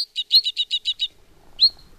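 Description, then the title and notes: Two-barred Crossbill: a quick run of clipped chips, then a lone rising note after a short gap. "Kirjosiipikäpylintu. Viikon luontoäänen esitteli Pertti Koskimies"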